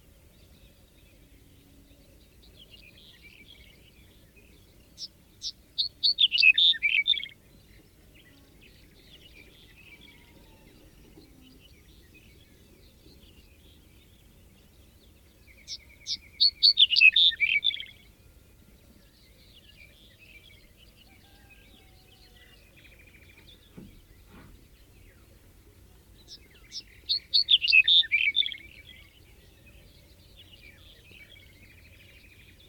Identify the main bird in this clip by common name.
Black-headed Bunting